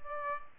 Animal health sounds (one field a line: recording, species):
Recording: mosquito wingbeat signal from an infrared sensor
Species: Aedes albopictus